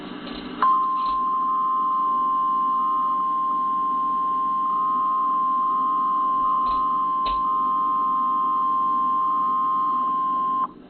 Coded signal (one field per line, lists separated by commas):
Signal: Emergency Alert System (SAME) tones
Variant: 1050 Hz attention tone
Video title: Flash Flood Warning (EAS #46)